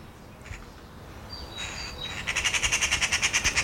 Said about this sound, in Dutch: stuurde ons dit keer een opgewonden ekster.